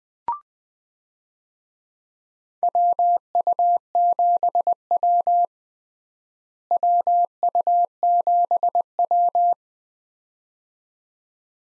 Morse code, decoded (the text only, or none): WU7W WU7W